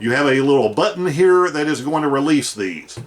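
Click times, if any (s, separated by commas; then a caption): none. A plastic water flosser tip is being handled at an oral irrigator handle, with its release button, while someone talks throughout. Nothing has seated or clicked yet; the tip has not gone home into the handle by the end of the clip.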